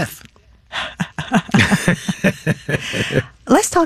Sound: laughter